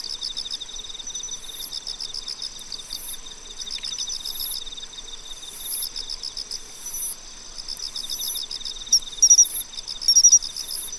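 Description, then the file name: Pine cricket song with sparse ringing chirps toward the end, over a continuous chorus of pulsed insect trills and high buzzes. "Matsumushi"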